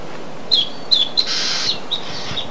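Bird calls: several short high whistled notes, one followed by a brief buzzy rasp, against a soft steady hiss.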